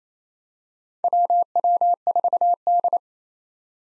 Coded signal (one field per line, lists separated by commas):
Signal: Morse code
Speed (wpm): 27 wpm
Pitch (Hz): 700 Hz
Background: none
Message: WW4D